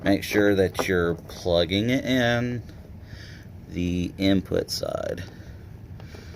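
Someone talks while handling a 4-pole Neutrik Speakon twist-lock speaker cable plug at the input socket of an EV SX300 speaker, ahead of inserting it and twisting it to lock. Nothing has seated or clicked yet.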